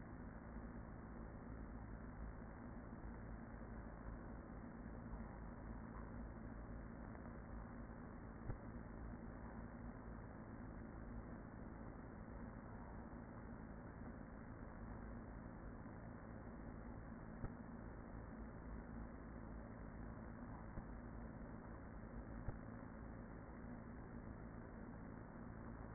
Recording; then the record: honeybee colony, microphone inside the hive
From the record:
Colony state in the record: queen present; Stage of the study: after two queens were removed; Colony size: about 40,000 bees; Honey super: no